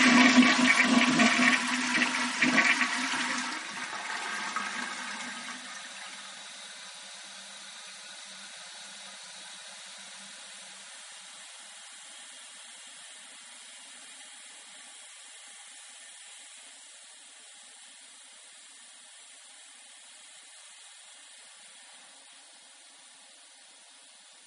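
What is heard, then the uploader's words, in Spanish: A toilet is flushed: a loud rushing gush of water for the first four seconds, then the roar drops away. After about six seconds only a soft, steady hiss of the tank refilling remains, fading slightly through to the end. Sonido para que parezca que se tira de la cisterna.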